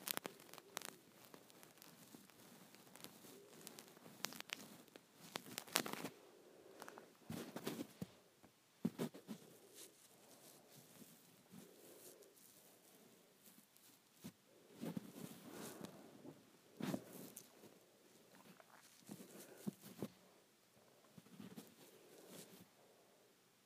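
Hands play with hair, making dense, scratchy rustling that crackles with sharp little snaps throughout. The movement comes in uneven waves, with louder bursts around six, fifteen to seventeen, and twenty seconds, and softer, quieter stretches in between.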